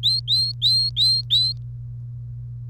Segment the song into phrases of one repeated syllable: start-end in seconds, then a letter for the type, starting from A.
0.03-1.52 A